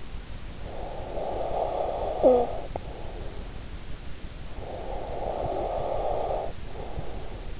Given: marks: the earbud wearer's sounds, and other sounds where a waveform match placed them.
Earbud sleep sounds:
sounds in sleep by an in-ear microphone; snoring breath, breath
0.38-3.67 s: snoring breath
4.28-7.60 s: breath

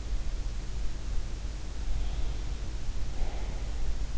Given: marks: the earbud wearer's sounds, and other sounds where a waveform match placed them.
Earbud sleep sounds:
sounds in sleep by an in-ear microphone; breath
1.88-3.97 s: breath

